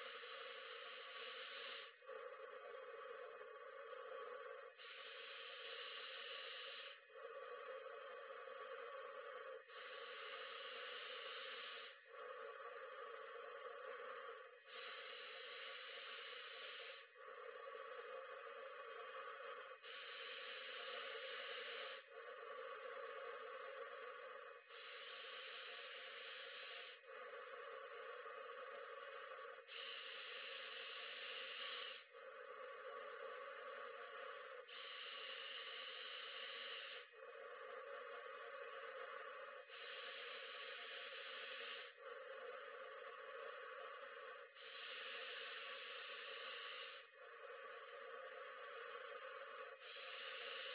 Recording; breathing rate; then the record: paced breathing near a phone; 12 breaths a minute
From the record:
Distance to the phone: 40 cm